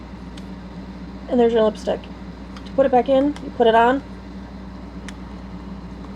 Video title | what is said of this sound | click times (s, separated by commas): Wheel Series 74 Part 1/ Health | I don't know if you heard the click or not but it clicks back in really cool love this lipstick | 5.1 s